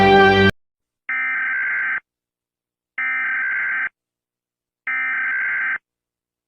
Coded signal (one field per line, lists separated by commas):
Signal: Emergency Alert System (SAME) tones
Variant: header bursts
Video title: @matt.-engarde Guess the EAS alarm!